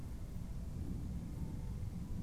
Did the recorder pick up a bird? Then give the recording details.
no. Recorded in France